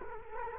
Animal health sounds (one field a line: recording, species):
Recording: mosquito wingbeat signal from an infrared sensor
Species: Culex quinquefasciatus